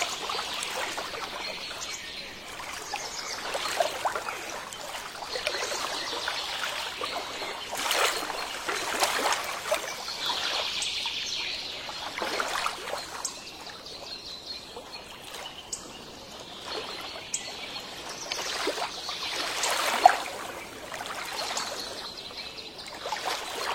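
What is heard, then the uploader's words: Lakeside water laps and trickles steadily, with soft splashes coming every second or two and a few sharper ones near ten and twenty seconds. Faint chirps surface now and then above the bright rippling. No low rumble underneath. The ultimate spring morning lakeside, the sound of the lake and the birdsong in the relaxing forest are comfortable.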